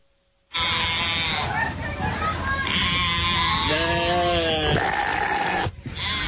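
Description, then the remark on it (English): A sheep lets out a long, wavering bleat that sounds strikingly like a human voice crying out, rising and falling in pitch with strained, quavering tones before cutting off abruptly. “Those videos of sheep sounding like humans, they're creepy.”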